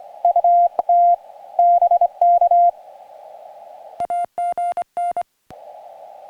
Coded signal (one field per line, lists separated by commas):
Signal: Morse code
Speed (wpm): 24 wpm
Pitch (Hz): 700 Hz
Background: music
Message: UT BK AGN